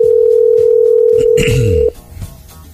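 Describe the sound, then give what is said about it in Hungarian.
A steady, unbroken mid-pitched telephone ringing tone, sounding oddly like an international call, hums loudly for nearly two seconds, with a burst of sweeping, warbling tones near the end before it cuts off into quieter line noise. “Nem, furán csörög egyébként, mint a külföldet igen.”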